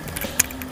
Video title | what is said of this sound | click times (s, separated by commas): 5 лучших бюджетных катушек!!! Как это работает Рыболовная катушка | So it just locks in there. | 0.4 s